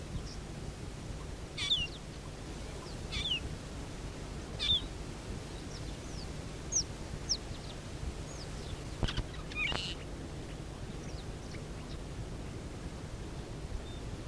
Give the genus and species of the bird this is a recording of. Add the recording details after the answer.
Dicrurus adsimilis. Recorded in the wild. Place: Südwestafrika. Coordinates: -23, 17. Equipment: Halbspur, 9,5 cm/s. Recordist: Lütgens, Hans